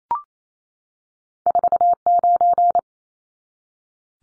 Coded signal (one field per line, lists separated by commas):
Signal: Morse code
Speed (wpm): 28 wpm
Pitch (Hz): 700 Hz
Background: none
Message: 49